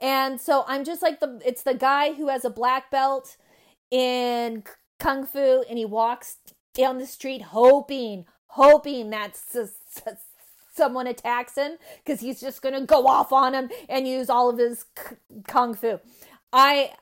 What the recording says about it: I've been stuttering since I was 8, so it's been 40 years.